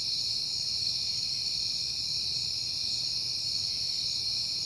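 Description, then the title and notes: Steady, shimmering cricket trills fill the air in overlapping high bands, a quiet low rumble running beneath them. Crickets at night in September, on a peaceful night. "Night Time: Crickets and Passing Cars. It is September and I have been hearing the crickets a lot, but finally had a peaceful night to make the recording"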